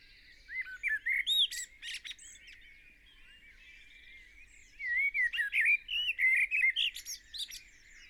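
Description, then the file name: Eurasian blackbird song in two phrases, fluty slurred notes leading into high squeaky twitters, with a quiet pause between them. "Turdus merula"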